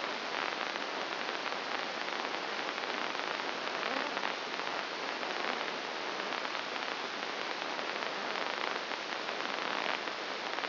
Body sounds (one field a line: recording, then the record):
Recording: brain microelectrode recording played as sound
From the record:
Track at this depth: inside the subthalamic nucleus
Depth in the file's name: 3.502 mm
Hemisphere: left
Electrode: 2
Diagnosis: Parkinson's disease